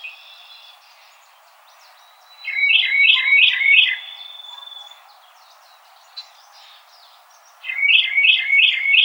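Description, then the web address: Carolina Wren song, two bright rolling phrases of repeated syllables, each about four notes, with a long thin whistle beside the first and faint chirps in the background. Recorded on 4 January 2007. "Carolina Wren 2007 01 04"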